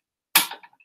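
A bobbin cover (bobbin case part) is pushed home into the sewing machine bed after it was found not fully in. It snaps into place with a sharp click at 0.4 s, followed by faint small ticks. The cover is seated.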